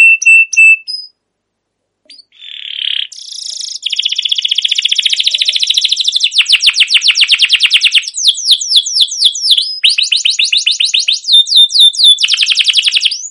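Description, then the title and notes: Canary song: a few whistled notes, a short gap, a buzzy burst, then long rapid trills and quick repeated chirp phrases. Long continuous chirping canary song, used as a lure to get young canaries singing and learning sounds. "CUIT CUIT NGEROL LANGSUNG GACOR PANJANG Kenari Ini utk Pancingan KENARI PAUD BELAJAR BUNYI. burung kenari"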